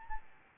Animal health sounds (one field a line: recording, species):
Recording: mosquito wingbeat signal from an infrared sensor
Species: Aedes albopictus